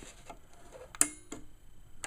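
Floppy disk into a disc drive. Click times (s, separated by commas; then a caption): 1.0 s. A floppy disk is pushed into an old disc drive and the drive door is closed. After a few faint ticks, a sharp, bright click at 1.0 s marks the disk popping into the drive, followed by softer clicks around 1.3 s and 2.0 s. The disk is seated and the door latch closes.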